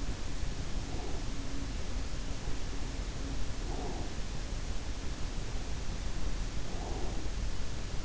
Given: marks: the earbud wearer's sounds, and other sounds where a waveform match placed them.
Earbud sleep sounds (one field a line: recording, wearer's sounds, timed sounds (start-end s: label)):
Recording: sounds in sleep by an in-ear microphone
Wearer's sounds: breath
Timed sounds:
0.92-1.31 s: breath
3.71-4.09 s: breath
6.80-7.24 s: breath